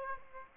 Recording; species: mosquito wingbeat signal from an infrared sensor; Aedes aegypti